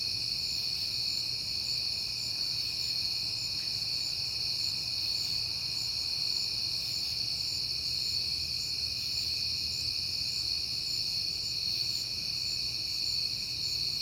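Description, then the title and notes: Cricket chorus of unbroken high trills at a few stacked pitches, steady throughout, with a faint low rumble in the background. Recorded at night in September on a peaceful night; crickets heard often that month. "Night Time: Crickets and Passing Cars. It is September and I have been hearing the crickets a lot, but finally had a peaceful night to make the recording"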